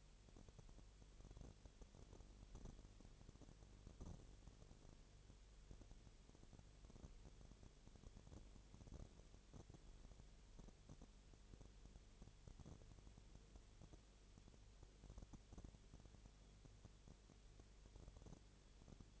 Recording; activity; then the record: daily activity, microphone in the room; no activity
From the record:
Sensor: 4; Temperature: 22.7 degrees Celsius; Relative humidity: 32.0%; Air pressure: 1008.1 hPa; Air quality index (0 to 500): 114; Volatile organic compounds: 2 ppm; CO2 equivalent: 1107 ppm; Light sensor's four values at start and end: 2/3/1/1 and 2/3/1/1